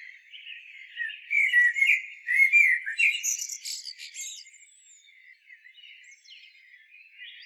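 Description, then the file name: Common blackbird song, a single long phrase of rolling fluted whistles rising into sharp high chirps, then fainter soft notes trailing off. "Turdus merula"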